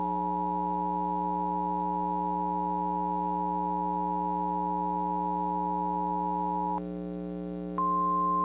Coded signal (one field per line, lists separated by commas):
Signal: Emergency Alert System (SAME) tones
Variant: 853 and 960 Hz attention tone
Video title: Thunderstorm Part 1 Redux (EAS Scenario)